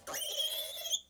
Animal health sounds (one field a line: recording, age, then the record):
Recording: pig call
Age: piglet (1 to 25 days)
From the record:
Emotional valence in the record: negative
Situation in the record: restrain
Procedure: back test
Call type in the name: high-frequency call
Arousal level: medium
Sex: female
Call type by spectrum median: high-frequency call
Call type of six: high-frequency stable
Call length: 1.10 s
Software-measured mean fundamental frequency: 299 Hz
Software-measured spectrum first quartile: 3022 Hz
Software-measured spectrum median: 4460 Hz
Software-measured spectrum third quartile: 8541 Hz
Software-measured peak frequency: 3287 Hz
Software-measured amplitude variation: 174 dB a second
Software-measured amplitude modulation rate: 19.0 a second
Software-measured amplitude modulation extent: 9.1 dB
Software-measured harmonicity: 8.4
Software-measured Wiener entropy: -2.98